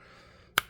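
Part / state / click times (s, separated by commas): plastic figure arm into torso shoulder socket / seated / 0.6 s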